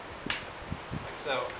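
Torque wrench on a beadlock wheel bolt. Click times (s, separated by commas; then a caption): 0.3 s. A torque wrench set to 60 pounds tightens a lug nut on a beadlock wheel ring, working in a star pattern. The wrench gives a sharp click at 0.3 s as it reaches the setting, followed by softer knocks while someone talks.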